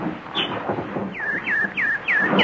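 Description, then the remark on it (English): A nightingale sings a run of five bright, clear whistled notes, each swooping downward in pitch, repeated in a steady rhythm over a soft, noisy background. “Hello, pretty nightingale. Don't you want any food? No? You just want to sing.”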